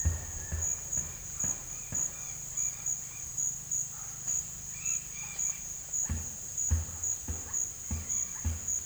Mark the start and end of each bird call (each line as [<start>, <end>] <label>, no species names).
[0.00, 3.26] bird call
[4.52, 5.78] bird call
[6.05, 8.85] bird call